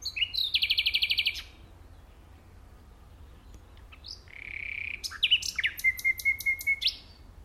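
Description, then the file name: Common nightingale song: a fast train of about a dozen rattling repeated notes, a pause, then a thin whistle and a second phrase of whistled notes and a rapid repeated series. "Luscinia megarhynchos"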